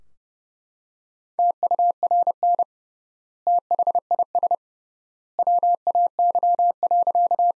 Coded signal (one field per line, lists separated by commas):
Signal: Morse code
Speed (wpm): 30 wpm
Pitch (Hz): 700 Hz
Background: none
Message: TURN THIS WAY.